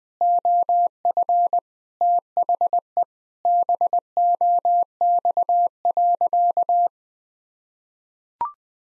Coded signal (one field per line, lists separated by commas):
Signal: Morse code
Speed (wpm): 20 wpm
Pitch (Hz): 700 Hz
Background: none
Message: OF THE BOX.